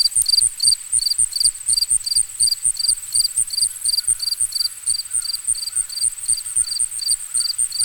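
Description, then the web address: Crickets chirping in rapid pulses, a shrill high trill running throughout, and faint low pulsing sounds below. Ambient nature recording of crickets. "Dr Sound Effects. Crickets and Frogs In the Distance"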